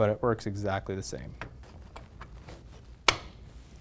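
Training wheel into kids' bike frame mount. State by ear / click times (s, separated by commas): seated / 3.1 s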